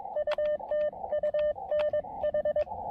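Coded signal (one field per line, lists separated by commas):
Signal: Morse code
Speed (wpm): 21 wpm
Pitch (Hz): 600 Hz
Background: radio noise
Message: U TU NH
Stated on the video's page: QRP CW summit activation on a foggy Craggy Dome using an Elecraft KX2 transceiver and MPAS Lite antenna.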